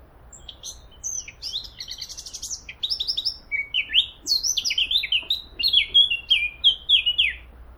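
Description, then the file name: Eurasian blackcap singing a lively warble of rapid, scratchy notes that turns into a string of loud, clear fluted notes, each sliding downward. "Sylvia atricapilla"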